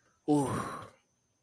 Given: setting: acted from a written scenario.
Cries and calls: vocal sound without words; relief

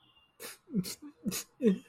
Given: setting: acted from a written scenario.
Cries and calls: vocal sound without words; sadness

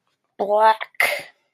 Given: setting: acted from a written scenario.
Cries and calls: vocal sound without words; disgust

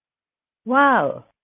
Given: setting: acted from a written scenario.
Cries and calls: vocal sound without words; adoration

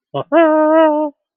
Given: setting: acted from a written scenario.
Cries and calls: vocal sound without words; triumph

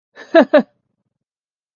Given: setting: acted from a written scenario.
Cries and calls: vocal sound without words; amusement

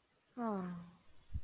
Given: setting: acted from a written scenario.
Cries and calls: vocal sound without words; romantic love

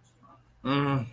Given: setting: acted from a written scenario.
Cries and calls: vocal sound without words; romantic love

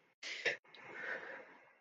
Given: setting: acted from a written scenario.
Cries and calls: vocal sound without words; pain

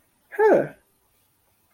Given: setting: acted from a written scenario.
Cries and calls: vocal sound without words; interest

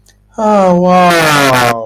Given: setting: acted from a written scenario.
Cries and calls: vocal sound without words; positive surprise

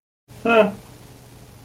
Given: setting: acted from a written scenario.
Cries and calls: vocal sound without words; neutral

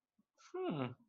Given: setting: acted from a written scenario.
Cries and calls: vocal sound without words; neutral

